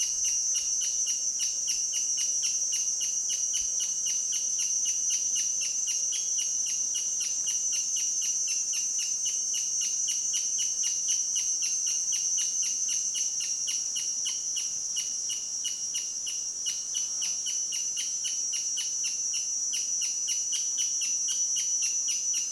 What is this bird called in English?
Crowned Hornbill